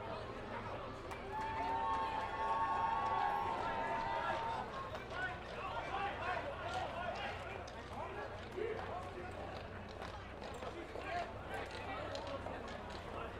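A crowd gathers at a traditional goose riding ceremony in Belgium, with many voices talking over one another throughout. A sustained whistle or horn-like tone sounds between about one and four seconds, and a low steady hum runs underneath the chatter.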